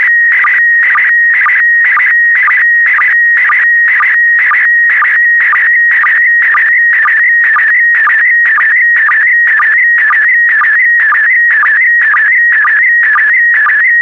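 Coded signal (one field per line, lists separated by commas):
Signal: SSTV (slow-scan television)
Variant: PD120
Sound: warbling whistle around 2 kHz with a short low chirp about twice a second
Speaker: complete. You can now check your decoded image against the picture that is shown on the video.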